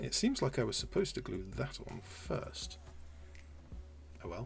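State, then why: Not seated. A plastic kit part meant to be glued on first is handled and pressed onto a Warlord Games Universal Carrier model vehicle while someone talks. Faint handling sounds are heard between the speech, including two brief soft ticks around 3.4 s. The clip ends before the part goes home, so nothing has seated or clicked yet.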